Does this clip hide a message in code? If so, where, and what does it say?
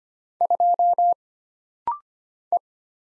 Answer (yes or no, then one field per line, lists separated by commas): yes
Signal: Morse code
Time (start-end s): 0.4-2.6 s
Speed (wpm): 25 wpm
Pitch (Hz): 700 Hz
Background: none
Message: 2 E